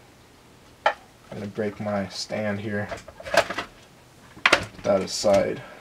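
Someone talks while handling a battery retaining pin being worked into the chassis of a Traxxas VXL ABC Hobby Celica RC car, with sharp knocks and bumps around 0.9 s and 4.5 s. Nothing has seated or clicked yet; the pin is still not home when the clip ends.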